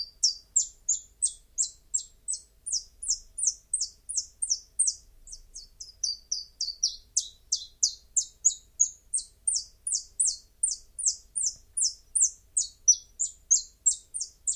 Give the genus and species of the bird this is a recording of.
Phylloscopus collybita